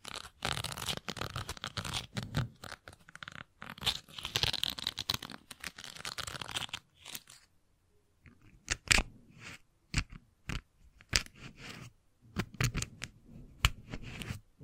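Microphone brushing and scratching: dense rough rubbing for seven seconds, then quieter gaps broken by sharp scrapes and crunchy knocks.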